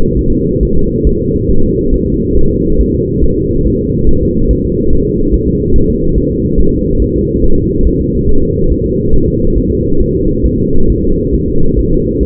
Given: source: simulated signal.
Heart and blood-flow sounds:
fetal heart sounds
0.19 s: S1
0.33 s: S2
0.63 s: S1
0.77 s: S2
1.07 s: S1
1.21 s: S2
1.50 s: S1
1.64 s: S2
1.94 s: S1
2.08 s: S2
2.37 s: S1
2.51 s: S2
2.81 s: S1
2.95 s: S2
3.24 s: S1
3.38 s: S2
3.67 s: S1
3.81 s: S2
4.09 s: S1
4.23 s: S2
4.51 s: S1
4.65 s: S2
4.93 s: S1
5.07 s: S2
5.34 s: S1
5.48 s: S2
5.76 s: S1
5.90 s: S2
6.18 s: S1
6.32 s: S2
6.60 s: S1
6.74 s: S2
7.02 s: S1
7.16 s: S2
7.44 s: S1
7.58 s: S2
7.87 s: S1
8.01 s: S2
8.29 s: S1
8.43 s: S2
8.72 s: S1
8.86 s: S2
9.14 s: S1
9.28 s: S2
9.58 s: S1
9.72 s: S2
10.01 s: S1
10.15 s: S2
10.46 s: S1
10.59 s: S2
10.90 s: S1
11.04 s: S2
11.34 s: S1
11.49 s: S2
11.79 s: S1
11.93 s: S2
12.23 s: S1
From the record:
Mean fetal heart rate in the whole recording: 140 bpm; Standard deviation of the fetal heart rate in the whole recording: 2 bpm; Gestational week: 34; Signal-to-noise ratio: -19.1 dB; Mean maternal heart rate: 72 bpm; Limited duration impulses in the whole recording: present

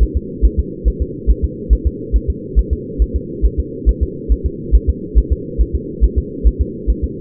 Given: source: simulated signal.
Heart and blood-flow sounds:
fetal heart sounds
0.03 s: S1
0.17 s: S2
0.45 s: S1
0.59 s: S2
0.88 s: S1
1.02 s: S2
1.30 s: S1
1.44 s: S2
1.73 s: S1
1.87 s: S2
2.16 s: S1
2.30 s: S2
2.59 s: S1
2.73 s: S2
3.02 s: S1
3.16 s: S2
3.45 s: S1
3.59 s: S2
3.89 s: S1
4.03 s: S2
4.32 s: S1
4.46 s: S2
4.75 s: S1
4.89 s: S2
5.18 s: S1
5.32 s: S2
5.61 s: S1
5.75 s: S2
6.04 s: S1
6.18 s: S2
6.47 s: S1
6.61 s: S2
6.90 s: S1
7.04 s: S2
From the record:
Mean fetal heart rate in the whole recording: 140 bpm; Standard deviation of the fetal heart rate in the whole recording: 2 bpm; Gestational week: 34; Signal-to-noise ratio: -4.1 dB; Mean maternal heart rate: no maternal heart sound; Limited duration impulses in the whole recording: absent

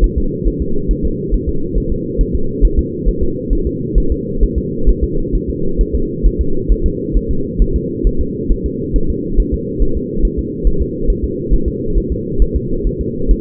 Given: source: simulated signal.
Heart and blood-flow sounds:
fetal heart sounds
0.04 s: S1
0.18 s: S2
0.48 s: S1
0.62 s: S2
0.91 s: S1
1.05 s: S2
1.34 s: S1
1.49 s: S2
1.78 s: S1
1.92 s: S2
2.21 s: S1
2.35 s: S2
2.65 s: S1
2.79 s: S2
3.09 s: S1
3.23 s: S2
3.53 s: S1
3.67 s: S2
3.98 s: S1
4.12 s: S2
4.43 s: S1
4.58 s: S2
4.89 s: S1
5.04 s: S2
5.35 s: S1
5.50 s: S2
5.81 s: S1
5.95 s: S2
6.27 s: S1
6.41 s: S2
6.72 s: S1
6.86 s: S2
7.17 s: S1
7.31 s: S2
7.62 s: S1
7.76 s: S2
8.07 s: S1
8.21 s: S2
8.52 s: S1
8.66 s: S2
8.96 s: S1
9.10 s: S2
9.40 s: S1
9.54 s: S2
9.83 s: S1
9.97 s: S2
10.25 s: S1
10.39 s: S2
10.67 s: S1
10.82 s: S2
11.10 s: S1
11.24 s: S2
11.54 s: S1
11.68 s: S2
11.98 s: S1
12.12 s: S2
12.42 s: S1
12.56 s: S2
12.87 s: S1
13.01 s: S2
13.31 s: S1
From the record:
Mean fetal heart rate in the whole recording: 135 bpm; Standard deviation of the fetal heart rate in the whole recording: 3 bpm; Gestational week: 36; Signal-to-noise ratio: -8.1 dB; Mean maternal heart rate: 72 bpm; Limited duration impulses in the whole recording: absent

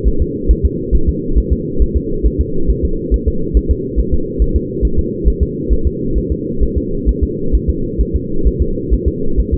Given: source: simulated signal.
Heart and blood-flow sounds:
fetal heart sounds
0.08 s: S1
0.22 s: S2
0.51 s: S1
0.66 s: S2
0.95 s: S1
1.09 s: S2
1.38 s: S1
1.53 s: S2
1.82 s: S1
1.97 s: S2
2.26 s: S1
2.41 s: S2
2.70 s: S1
2.85 s: S2
3.14 s: S1
3.28 s: S2
3.57 s: S1
3.71 s: S2
3.99 s: S1
4.14 s: S2
4.42 s: S1
4.56 s: S2
4.85 s: S1
4.99 s: S2
5.28 s: S1
5.43 s: S2
5.72 s: S1
5.87 s: S2
6.18 s: S1
6.32 s: S2
6.63 s: S1
6.77 s: S2
7.09 s: S1
7.23 s: S2
7.55 s: S1
7.69 s: S2
8.01 s: S1
8.16 s: S2
8.47 s: S1
8.62 s: S2
8.93 s: S1
9.08 s: S2
9.39 s: S1
9.54 s: S2
From the record:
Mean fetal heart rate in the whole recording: 135 bpm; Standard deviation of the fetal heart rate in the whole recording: 3 bpm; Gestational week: 34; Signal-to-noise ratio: -8.1 dB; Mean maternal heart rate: 72 bpm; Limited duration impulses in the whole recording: absent

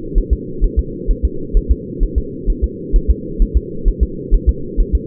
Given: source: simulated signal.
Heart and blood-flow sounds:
fetal heart sounds
0.18 s: S1
0.33 s: S2
0.64 s: S1
0.79 s: S2
1.11 s: S1
1.25 s: S2
1.57 s: S1
1.71 s: S2
2.03 s: S1
2.18 s: S2
2.50 s: S1
2.64 s: S2
2.96 s: S1
3.11 s: S2
3.42 s: S1
3.57 s: S2
3.88 s: S1
4.03 s: S2
4.34 s: S1
4.49 s: S2
4.81 s: S1
4.95 s: S2
From the record:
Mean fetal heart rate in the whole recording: 130 bpm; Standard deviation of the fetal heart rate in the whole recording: 2 bpm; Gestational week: 38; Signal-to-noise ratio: -4.3 dB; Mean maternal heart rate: 72 bpm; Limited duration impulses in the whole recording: absent

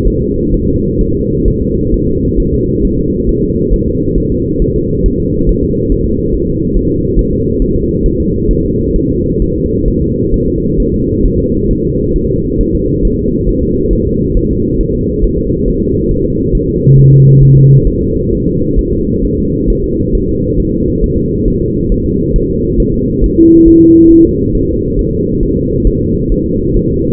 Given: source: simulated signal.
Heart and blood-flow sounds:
fetal heart sounds
0.08 s: S1
0.22 s: S2
0.54 s: S1
0.68 s: S2
1.01 s: S1
1.15 s: S2
1.48 s: S1
1.62 s: S2
1.94 s: S1
2.08 s: S2
2.40 s: S1
2.54 s: S2
2.85 s: S1
2.99 s: S2
3.29 s: S1
3.43 s: S2
3.74 s: S1
3.88 s: S2
4.18 s: S1
4.32 s: S2
4.62 s: S1
4.76 s: S2
5.06 s: S1
5.20 s: S2
5.49 s: S1
5.63 s: S2
5.92 s: S1
6.06 s: S2
6.34 s: S1
6.48 s: S2
6.77 s: S1
6.91 s: S2
7.19 s: S1
7.33 s: S2
7.62 s: S1
7.76 s: S2
8.06 s: S1
8.20 s: S2
8.51 s: S1
8.65 s: S2
8.96 s: S1
9.10 s: S2
9.42 s: S1
9.56 s: S2
9.88 s: S1
10.02 s: S2
10.34 s: S1
10.48 s: S2
10.80 s: S1
10.94 s: S2
11.25 s: S1
11.40 s: S2
11.71 s: S1
11.85 s: S2
12.16 s: S1
12.30 s: S2
12.61 s: S1
12.75 s: S2
13.05 s: S1
13.19 s: S2
13.49 s: S1
13.63 s: S2
13.93 s: S1
14.07 s: S2
14.37 s: S1
14.51 s: S2
14.81 s: S1
14.95 s: S2
15.24 s: S1
15.38 s: S2
15.68 s: S1
15.82 s: S2
16.11 s: S1
16.25 s: S2
16.55 s: S1
16.69 s: S2
16.99 s: S1
17.13 s: S2
17.43 s: S1
17.57 s: S2
17.87 s: S1
18.02 s: S2
18.33 s: S1
18.47 s: S2
18.79 s: S1
18.93 s: S2
19.25 s: S1
19.39 s: S2
19.70 s: S1
19.84 s: S2
20.15 s: S1
20.29 s: S2
20.60 s: S1
20.74 s: S2
21.04 s: S1
21.18 s: S2
21.48 s: S1
21.62 s: S2
21.92 s: S1
22.06 s: S2
22.36 s: S1
22.50 s: S2
22.80 s: S1
22.94 s: S2
23.24 s: S1
23.38 s: S2
23.68 s: S1
23.82 s: S2
24.11 s: S1
24.25 s: S2
24.55 s: S1
24.69 s: S2
24.99 s: S1
25.13 s: S2
25.43 s: S1
25.57 s: S2
25.87 s: S1
26.01 s: S2
26.32 s: S1
26.46 s: S2
26.77 s: S1
26.91 s: S2
From the record:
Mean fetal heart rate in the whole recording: 135 bpm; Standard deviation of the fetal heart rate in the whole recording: 3 bpm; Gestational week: 36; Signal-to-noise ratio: -10.2 dB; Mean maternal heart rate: 72 bpm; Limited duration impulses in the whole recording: present

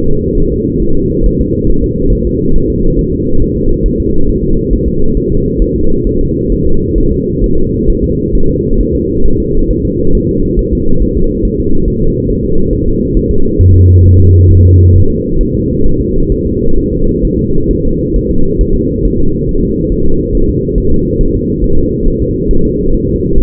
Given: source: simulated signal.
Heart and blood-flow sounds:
fetal heart sounds
0.06 s: S2
0.37 s: S1
0.52 s: S2
0.82 s: S1
0.97 s: S2
1.26 s: S1
1.41 s: S2
1.70 s: S1
1.84 s: S2
2.13 s: S1
2.27 s: S2
2.56 s: S1
2.70 s: S2
2.99 s: S1
3.13 s: S2
3.42 s: S1
3.56 s: S2
3.86 s: S1
4.00 s: S2
4.29 s: S1
4.44 s: S2
4.73 s: S1
4.88 s: S2
5.17 s: S1
5.32 s: S2
5.62 s: S1
5.76 s: S2
6.07 s: S1
6.21 s: S2
6.52 s: S1
6.67 s: S2
6.98 s: S1
7.12 s: S2
7.44 s: S1
7.58 s: S2
7.90 s: S1
8.04 s: S2
8.35 s: S1
8.50 s: S2
8.81 s: S1
8.95 s: S2
9.26 s: S1
9.40 s: S2
9.70 s: S1
9.85 s: S2
10.15 s: S1
10.29 s: S2
10.59 s: S1
10.73 s: S2
11.02 s: S1
11.17 s: S2
11.45 s: S1
11.59 s: S2
11.88 s: S1
12.02 s: S2
12.30 s: S1
12.45 s: S2
12.73 s: S1
12.88 s: S2
13.17 s: S1
13.31 s: S2
13.61 s: S1
13.75 s: S2
14.06 s: S1
14.20 s: S2
14.50 s: S1
14.65 s: S2
14.95 s: S1
15.10 s: S2
15.41 s: S1
15.55 s: S2
15.86 s: S1
16.01 s: S2
16.32 s: S1
16.46 s: S2
16.78 s: S1
16.93 s: S2
17.25 s: S1
17.39 s: S2
17.71 s: S1
17.85 s: S2
18.16 s: S1
18.31 s: S2
18.61 s: S1
18.75 s: S2
19.05 s: S1
19.20 s: S2
19.49 s: S1
19.63 s: S2
19.92 s: S1
20.06 s: S2
20.35 s: S1
20.49 s: S2
20.78 s: S1
20.92 s: S2
21.21 s: S1
21.35 s: S2
21.64 s: S1
21.78 s: S2
22.07 s: S1
22.22 s: S2
22.51 s: S1
22.65 s: S2
22.94 s: S1
23.09 s: S2
23.38 s: S1
From the record:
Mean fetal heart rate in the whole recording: 135 bpm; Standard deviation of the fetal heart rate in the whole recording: 3 bpm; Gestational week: 36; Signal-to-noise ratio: -19.1 dB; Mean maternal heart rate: 72 bpm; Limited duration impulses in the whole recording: present

